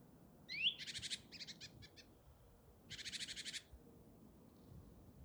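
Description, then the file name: Great tit scolding: a quick upswept whistle followed by rattling churr bursts, a few short stuttered pulses, then another long buzzy churr. "Parus major"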